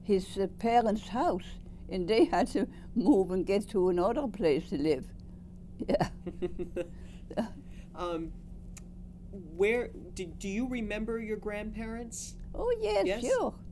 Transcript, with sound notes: his parents' house and they had to move and get to another place to live. Yeah. (Chuckles)
Where...do you remember your grandparents?
Oh, yeah, sure.